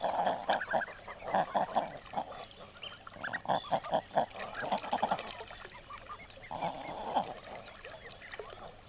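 Common eider calls, clusters of hoarse, nasal notes in bursts separated by quieter spells, several birds overlapping in a busy flock.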